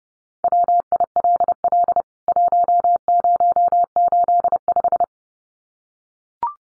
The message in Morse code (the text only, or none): WILL 1085